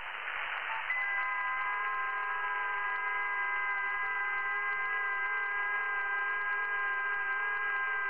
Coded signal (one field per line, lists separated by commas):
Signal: FT8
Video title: QSO with K0TPP #iloveft8